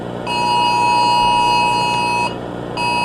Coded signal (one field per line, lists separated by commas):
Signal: Emergency Alert System (SAME) tones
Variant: 853 and 960 Hz attention tone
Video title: Poppy Playtime Hour of Joy EAS Scenario